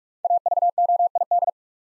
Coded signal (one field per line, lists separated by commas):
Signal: Morse code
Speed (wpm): 44 wpm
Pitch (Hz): 700 Hz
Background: none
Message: AVOID